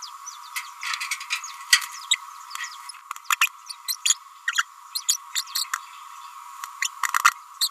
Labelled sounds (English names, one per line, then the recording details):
Green-rumped Parrotlet babbling
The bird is a female
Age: 29 days
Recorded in a nest box in Venezuela
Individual 17B31A3